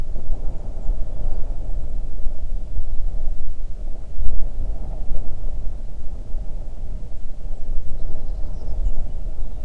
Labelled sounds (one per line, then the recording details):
songbird
wind
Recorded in the Arctic National Wildlife Refuge, Alaska, on 3 June 2019 at 04:33
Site 37